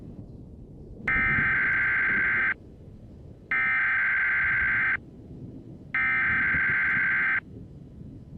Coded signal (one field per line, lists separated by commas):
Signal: Emergency Alert System (SAME) tones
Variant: header bursts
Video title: [EAS Scenario] Just a Summer Day Part 1 [Immersive EAS]